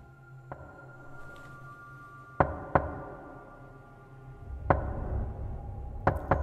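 Sharp knocks on a door, loud and resonant, come in irregular single and paired raps over a low, steady hum, with short pauses between them and no voices.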